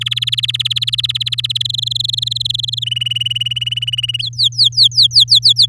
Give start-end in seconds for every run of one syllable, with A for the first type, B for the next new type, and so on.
0.01-1.62 A, 1.65-2.84 B, 2.86-4.22 C, 4.22-5.66 D